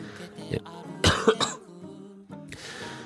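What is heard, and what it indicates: Several short, harsh coughs with some throat clearing from an adult man with a cold and a nasal voice; the coughing is intense.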